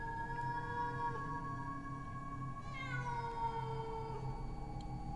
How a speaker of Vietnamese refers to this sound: Đâu đây trong nghĩa địa chắc là có con mèo cái động đực đi hoang, cứ kêu đến não cả lòng tổ sư cha. Nghe cái tiếng mèo kêu trong đêm, mơ hồ lại nghĩ đến trẻ con nó khóc.